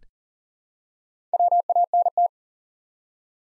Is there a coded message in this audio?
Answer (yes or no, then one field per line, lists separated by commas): yes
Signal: Morse code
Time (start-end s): 1.3-2.3 s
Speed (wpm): 38 wpm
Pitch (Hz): 700 Hz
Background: none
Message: WANT